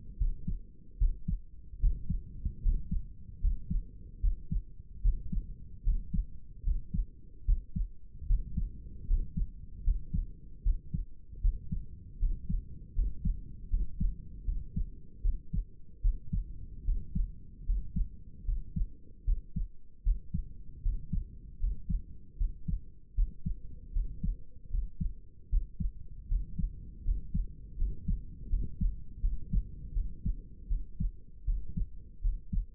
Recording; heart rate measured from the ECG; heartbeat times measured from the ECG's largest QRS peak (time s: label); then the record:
heart sounds by stethoscope; 77 bpm
0.18 s: heartbeat
0.98 s: heartbeat
1.80 s: heartbeat
2.62 s: heartbeat
3.40 s: heartbeat
4.20 s: heartbeat
5.01 s: heartbeat
5.83 s: heartbeat
6.63 s: heartbeat
7.45 s: heartbeat
8.26 s: heartbeat
9.06 s: heartbeat
9.83 s: heartbeat
10.62 s: heartbeat
11.41 s: heartbeat
12.19 s: heartbeat
12.94 s: heartbeat
13.69 s: heartbeat
14.44 s: heartbeat
15.21 s: heartbeat
16.01 s: heartbeat
16.84 s: heartbeat
17.65 s: heartbeat
18.45 s: heartbeat
19.24 s: heartbeat
20.03 s: heartbeat
20.82 s: heartbeat
21.59 s: heartbeat
22.37 s: heartbeat
23.14 s: heartbeat
23.92 s: heartbeat
24.70 s: heartbeat
25.49 s: heartbeat
26.27 s: heartbeat
27.03 s: heartbeat
27.77 s: heartbeat
28.49 s: heartbeat
29.20 s: heartbeat
29.93 s: heartbeat
30.68 s: heartbeat
31.45 s: heartbeat
32.21 s: heartbeat
From the record:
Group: healthy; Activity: rest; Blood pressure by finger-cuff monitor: 97/66 mmHg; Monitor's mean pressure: 73 mmHg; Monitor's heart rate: 77 bpm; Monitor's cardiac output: 6.2 L/min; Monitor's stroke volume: 80 mL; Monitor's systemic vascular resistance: 850 dyn s/cm5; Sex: male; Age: 35 years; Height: 180 cm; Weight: 86.9 kg